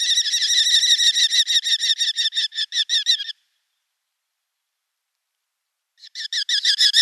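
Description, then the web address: Eurasian hobby nestling calls: a fast, steady series of harsh, squealing notes, then a pause of a few seconds before the series resumes. "Schulze Peter Hobby"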